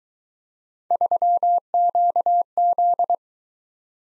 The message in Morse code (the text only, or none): 3QZ